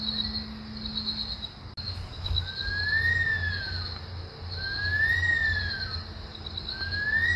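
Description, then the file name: Senegal thick-knee giving drawn-out whistled notes that rise then fall, repeated roughly every two seconds, over a steady high insect buzz and a low engine-like rumble. "canto do alcaravao do senegal"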